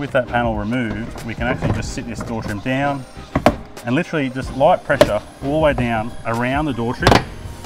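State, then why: Not seated. A plastic rear door trim panel on an N80 Hilux pickup truck is lowered onto the rear door frame and pressed down lightly all the way around so its plastic clips can engage. Someone talks throughout, with a few brief sharp sounds between the words. The clip ends before the trim goes home, so nothing has seated or clicked yet.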